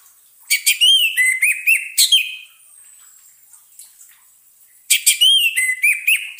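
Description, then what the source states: Orange-headed thrush song: a rapid string of whistled, warbling notes, a quiet gap of over two seconds, then the loud varied phrases start again. Song therapy for an orange-headed thrush that has stopped singing.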